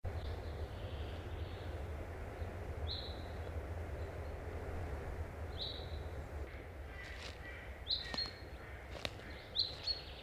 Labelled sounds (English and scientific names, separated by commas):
Common Chaffinch (Fringilla coelebs) call